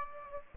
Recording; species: mosquito wingbeat signal from an infrared sensor; Aedes aegypti